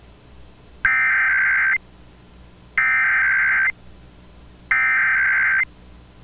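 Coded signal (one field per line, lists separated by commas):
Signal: Emergency Alert System (SAME) tones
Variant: header bursts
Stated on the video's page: Pennsylvania Required Monthly Test relayed over several TV and radio stations, including Altoona, Johnstown, Clearfield, Philadelphia and State College outlets.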